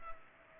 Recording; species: mosquito wingbeat signal from an infrared sensor; Culex pipiens